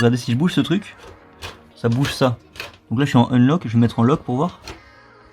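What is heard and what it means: Someone talks while handling a part being fitted into a small portable appliance, with faint handling noise between the speech. The clip ends just before the part goes home, so nothing has seated or clicked yet.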